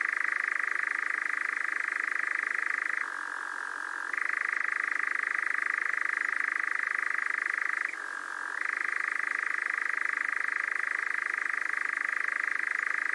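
Nightjar giving a continuous rapid churr, sustained and even, with two brief dips to a lower pitch before returning to the main tone.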